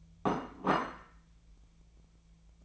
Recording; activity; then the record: daily activity, microphone in the room; place plate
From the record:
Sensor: 1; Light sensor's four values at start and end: 29/73/31/37 and 29/73/31/37